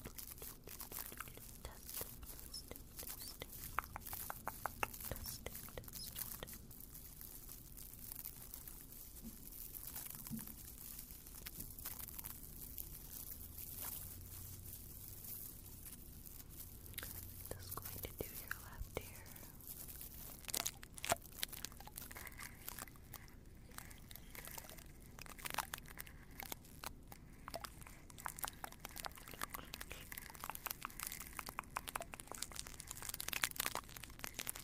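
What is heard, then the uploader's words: Ear cleaning with odd objects: crackly scraping and rustling with dense clicks and crunches, busier after twenty seconds. Ear Cleaning With Odd Objects. Tonight, I perform another ear cleaning, but this time with a bunch of odd sounding objects.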